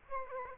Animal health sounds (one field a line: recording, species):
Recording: mosquito wingbeat signal from an infrared sensor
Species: Aedes aegypti